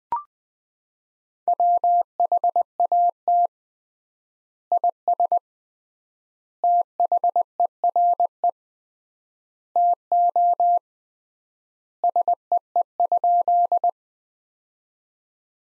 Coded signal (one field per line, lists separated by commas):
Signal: Morse code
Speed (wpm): 20 wpm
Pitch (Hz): 700 Hz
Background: none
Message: WHAT IS THERE TO SEE?